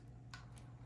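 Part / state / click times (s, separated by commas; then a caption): gimbal flex cable connector into drone main board socket / seated / 0.3 s. During a post-crash repair of a DJI Mini 4 Pro drone, the gimbal flex ribbon cable connector is pressed into its slot on the main board inside the drone body. A sharp click sounds at 0.3 s, with a fainter tick at 0.6 s, over a steady low hum. The connector is seated properly.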